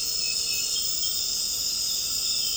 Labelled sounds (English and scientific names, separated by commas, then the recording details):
none
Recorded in dense forest near Puerto Asís, Putumayo, Colombia, on 9 March 2025 at 21:00
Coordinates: 0.467, -76.328
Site G041